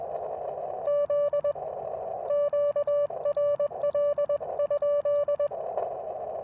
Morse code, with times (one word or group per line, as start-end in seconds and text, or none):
0.9-1.5 Z
2.3-5.5 QRL?